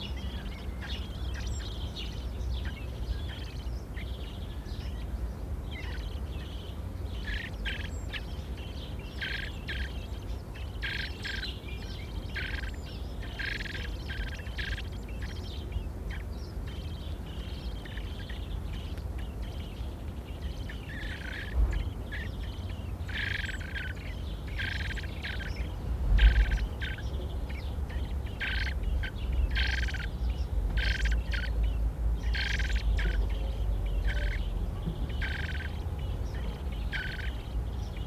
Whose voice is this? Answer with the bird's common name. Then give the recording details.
Common Blackbird. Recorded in the wild. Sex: diverse. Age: immature. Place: Hannover, Niedersachsen, DE. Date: 1967-07-18. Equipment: Halbspur, 9,5 cm/s. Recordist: Lütgens, Hans. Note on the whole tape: Terrasse Neustätter Straße 10, drei Junge rufen bei der Fütterung am 14./16./18.7.1967, schlüpfen 6.7., kein Rufen bis 11.7, Ausfliegen am 18.7